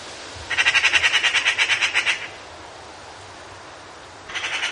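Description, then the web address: Eurasian magpie giving a dry, rattling chatter of rapid harsh notes for about two seconds, then a second chattering burst begins near the end. "european magpie"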